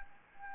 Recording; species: mosquito wingbeat signal from an infrared sensor; Anopheles arabiensis